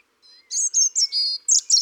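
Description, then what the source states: European robin song, a rapid series of bright, high, tinkling notes and short liquid trills. Garden bird.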